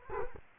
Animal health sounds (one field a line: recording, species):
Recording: mosquito wingbeat signal from an infrared sensor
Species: Culex quinquefasciatus